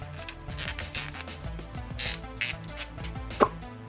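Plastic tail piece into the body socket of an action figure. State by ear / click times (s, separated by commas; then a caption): seated / 2.4 s. A separate plastic tail piece is pushed onto the back of a Playmates Toys Wave 2 Classic Godzilla action figure, into its body socket. A few small handling sounds, with music in the background, lead to a sharper snap at 2.4 s as the tail seats in place.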